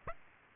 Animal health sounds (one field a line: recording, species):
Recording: mosquito wingbeat signal from an infrared sensor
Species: Aedes aegypti